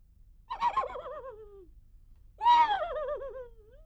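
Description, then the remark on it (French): A horse whinnies twice, each call a loud, quavering neigh with a shaky vibrato that slides downward in pitch, the second slightly stronger and longer, with no talking. “C'est le cheval qui pleure.”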